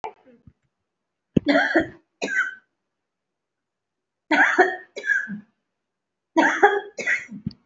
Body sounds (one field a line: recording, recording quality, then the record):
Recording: heavy voluntary cough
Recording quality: excellent, no background noise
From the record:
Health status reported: respiratory illness, not identified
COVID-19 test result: not tested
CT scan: not taken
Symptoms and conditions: cough, breathing difficulty, asthma, another respiratory illness, hypertension, another condition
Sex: female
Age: 42 years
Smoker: no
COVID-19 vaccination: none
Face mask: worn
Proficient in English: no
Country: India